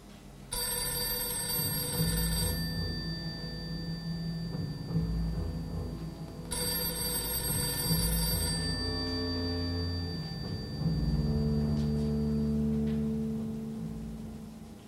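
A telephone's bell rings in two long, rattling bursts about four seconds apart, bright and insistent, over a steady low tonal hum that continues throughout. No one speaks.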